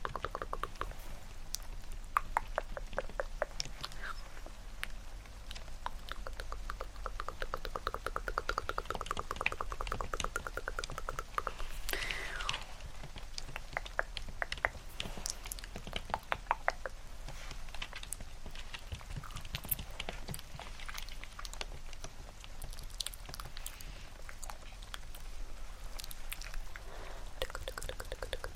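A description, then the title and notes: Dense, irregular clicking and tapping like keyboard typing and tongue clicks runs throughout, over a steady soft rain hiss with brief brighter swells. ASMR Hand Movements + Layered Sounds (TkTk, Rain Sounds, Keyboard Typing).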